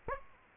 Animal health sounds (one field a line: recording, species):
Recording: mosquito wingbeat signal from an infrared sensor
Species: Aedes aegypti